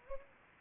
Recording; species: mosquito wingbeat signal from an infrared sensor; Anopheles gambiae